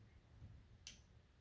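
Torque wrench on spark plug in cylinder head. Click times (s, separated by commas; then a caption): 0.9 s. A torque wrench set to 23 tightens a spark plug in the cylinder head of a BMW N20 engine, with low rumble underneath. A single sharp click comes at 0.9 s, showing the wrench has reached its setting and the plug is torqued.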